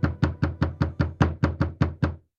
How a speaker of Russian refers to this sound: Я так глубоко задумалась, что вздрогнула от громкого стука в дверь.